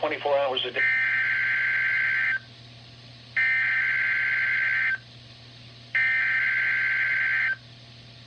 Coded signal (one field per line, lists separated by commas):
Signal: Emergency Alert System (SAME) tones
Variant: header bursts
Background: speech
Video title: Required Weekly Test | EAS #3